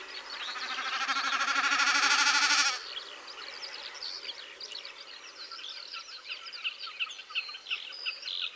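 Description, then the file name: Common snipe, a loud pulsing, buzzy winnowing that swells for nearly three seconds and then stops abruptly, followed by a busy chorus of other birds. "BEKAS KSZYK"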